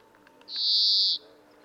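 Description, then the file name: European greenfinch with one long, even, buzzy wheeze, preceded by a few faint clicks and soft notes. "Chloris chloris"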